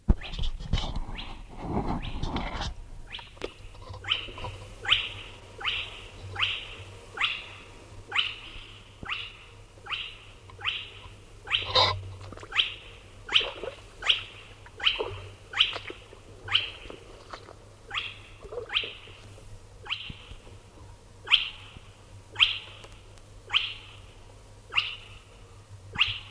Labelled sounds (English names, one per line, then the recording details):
Spotted Crake
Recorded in the wild
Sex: male
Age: adult
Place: NSG Nonnenhof, Tollensesee, Mecklenburg-Vorpommern, DE
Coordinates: 53.4619, 13.1644
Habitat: wetland
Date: 1967-04-15 21:00
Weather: 4-6°C, zunehmender Sichelmond
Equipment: Tesla Uran, Parabolreflektor
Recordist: Jung, Norbert